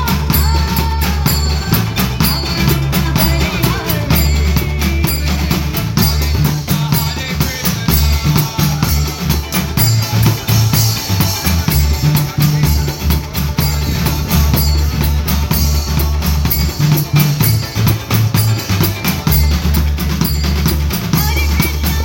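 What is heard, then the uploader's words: A Hare Krishna troupe performs in the rain, with a steady, dense, loud mix of rhythmic drumming, deep bass tones and chanting throughout. Hare Krishna band at the Royal Albert Hall. A Hare Krishna troupe performs in the rain outside the Royal Albert Hall in London. Recorded by Cities and Memory.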